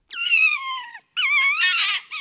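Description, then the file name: Red fox scream: two harsh, wailing cries, the first sliding downward, the second turning hoarse and rough at its end, then the start of a third. "Renard"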